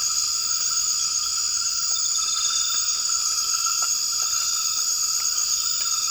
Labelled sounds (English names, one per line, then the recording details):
none
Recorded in dense forest near Puerto Asís, Putumayo, Colombia, on 12 March 2025 at 02:00
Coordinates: 0.485, -76.318
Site G056